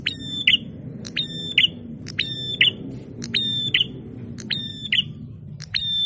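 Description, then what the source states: Prinia buzzes: short, flat, harsh notes with a click at the start, repeated at a brisk, slightly uneven pace over low rumbling noise. Masteran training recording of a red-headed prenjak (prinia) in full song (gacor).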